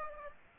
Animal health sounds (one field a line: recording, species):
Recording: mosquito wingbeat signal from an infrared sensor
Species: Aedes aegypti